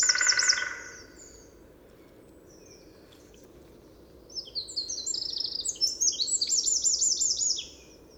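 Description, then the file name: Eurasian wren song: a harsh buzzy burst opens, then after a pause a long, rapid, high-pitched trilling phrase of tumbling notes runs for about three seconds. "Troglodytes troglodytes"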